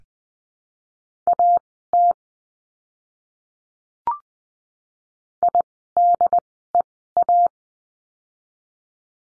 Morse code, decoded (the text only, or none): AT IDEA